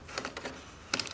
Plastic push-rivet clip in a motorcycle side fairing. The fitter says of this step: all you need to do is press the Middle with your finger you'll hear a click and then get your fingernails Under The Edge